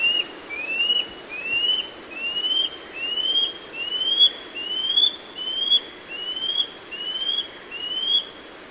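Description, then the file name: Scale-backed antbird song: a steady, even series of many rising whistled notes over a constant high tone. "hylpoe"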